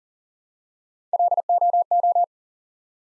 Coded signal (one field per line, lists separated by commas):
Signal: Morse code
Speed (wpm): 39 wpm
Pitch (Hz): 700 Hz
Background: none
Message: LOO